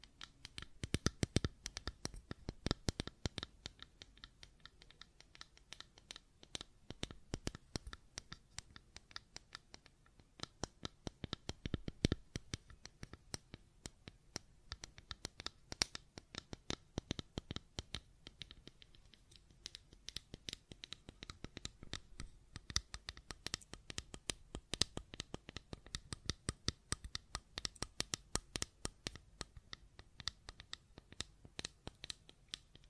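Quick, dry clicks and taps on a small fidget cube run nearly nonstop, in dense irregular bursts with brief pauses near ten and twenty seconds. The sounds are crisp, with occasional light scratching and handling.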